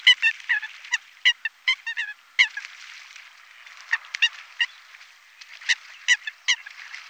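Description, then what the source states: Eurasian Coot calls: short, sharp, hard notes in irregular bursts, some closely doubled, with quiet gaps between them. Wetland area in Sissonne.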